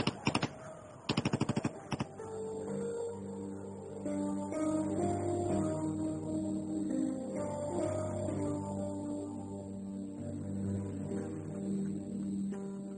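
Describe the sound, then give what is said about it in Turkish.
Rapid bursts of gunfire crackle in the first two seconds as Turkish soldiers return fire in an ongoing battle, sharp rattling volleys, then give way to a sustained, droning swell of low orchestral music that continues steadily to the end. “Bak, Mehmetçik silaha davranmış, karşılık veriyor. Evet, çarpışma devam ediyor.”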